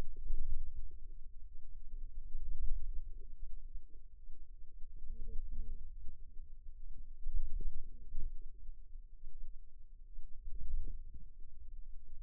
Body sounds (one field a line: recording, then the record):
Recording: forearm muscle sounds (acoustic myography)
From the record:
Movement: wrist extension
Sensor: system 2, bracelet of six BSWA MPA416 microphones around the upper forearm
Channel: 5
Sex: female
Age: 22 years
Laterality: right